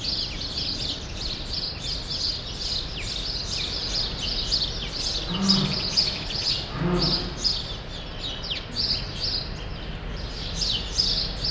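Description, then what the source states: Lively sparrow chatter of rapid overlapping chirps, with a brief low rumbling sound twice in the middle beneath the birds. Several sparrows in the small remaining part of a large grove, Rue Saint-Jean Népomucène, Brussels, Belgium; recorded with Immersive Soundscapes Earsight V2 AB microphones into a Zoom F3.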